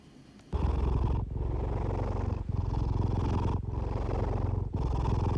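A steady, low, buzzing rumble runs almost without pause, broken by brief dips about every 1.1 seconds, roughly 50 breath cycles a minute. It is the snoring of a sleeping brown tabby (kiji-tora) cat in its everyday life, a harmless sound, though it closely resembles purring.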